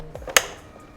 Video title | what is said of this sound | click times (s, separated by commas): Unboxing the Solar E-Clipse - 72V Electric Dirt Bike with a Carbon Fiber Frame! | pops right in you ready | 0.4 s